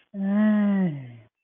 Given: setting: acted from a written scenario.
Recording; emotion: vocal sound without words; shame